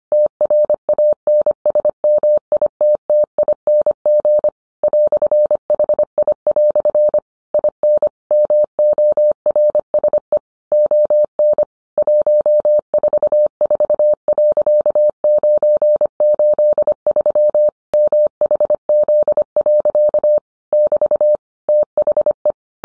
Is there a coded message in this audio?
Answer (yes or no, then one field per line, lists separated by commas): yes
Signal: Morse code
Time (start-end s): 0.1-22.5 s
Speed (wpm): 25 wpm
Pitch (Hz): 600 Hz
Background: none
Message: TRANSMITTING "HI" IN MORSE ON 144.983 MHZ. <BT> THE